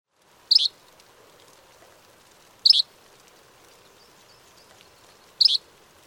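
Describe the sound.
Bird calls: brief high, sharp notes given three times two to three seconds apart, with a faint low hum in the background.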